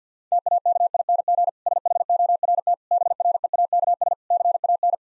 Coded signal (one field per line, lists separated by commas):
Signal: Morse code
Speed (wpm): 50 wpm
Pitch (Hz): 700 Hz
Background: none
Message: TAKING SHORT BREAKS CAN